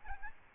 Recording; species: mosquito wingbeat signal from an infrared sensor; Aedes albopictus